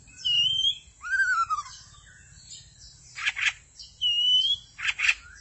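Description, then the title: Magpie-robin or shama singing clear level whistles and a long drawn falling slur, broken by harsh rasping bursts between phrases. "Suara Burung Murai"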